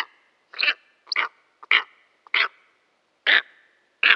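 Steppe eagle calling with coarse, croaking barks in an uneven sequence, some notes doubled with a short pickup, gaps of up to a second between them.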